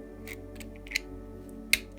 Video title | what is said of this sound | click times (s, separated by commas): Tamiya Super Sabre 2023 Build Series! - Step 35 - Attaching the Wheels | and make sure it clicks in which it does and I'll grab our | 1.7 s